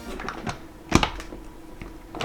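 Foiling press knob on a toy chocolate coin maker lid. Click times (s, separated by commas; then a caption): 0.9 s. The lid of a plastic toy chocolate coin maker is closed and the foiling knob on the lid is pressed down firmly. Softer knocks lead up to a sharp clunk at 0.9 seconds, which is followed closely by a second one, and a few fainter taps come after. The knob has clunked down and is seated.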